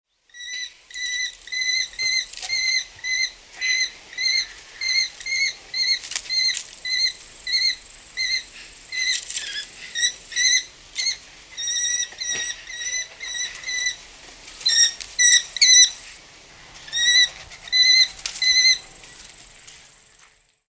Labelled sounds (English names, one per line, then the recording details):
American Kestrel
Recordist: Tembrock, Günter
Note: Rufreihen eines Weibchens